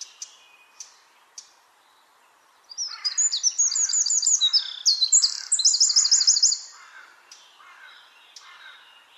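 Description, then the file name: Eurasian wren song: a loud, rapid, high-pitched outpouring of trills and sharp notes lasting about four seconds, preceded and followed by a few scattered faint ticks. "Troglodytes troglodytes"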